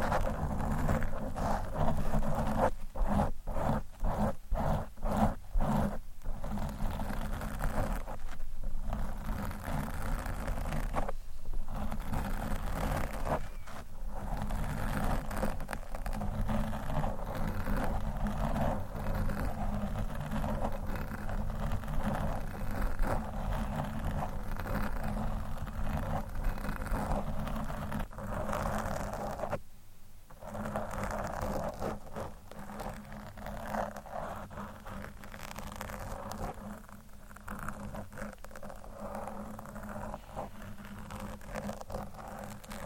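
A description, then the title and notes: Mic scratching fills the clip with a dense, continuous rough rustle, steady in level throughout. Quick bursts of rapid strokes come in the first six seconds, with brief dropouts near 11, 30 and 37 seconds, over a low rumbling undertone. Mic Scratching.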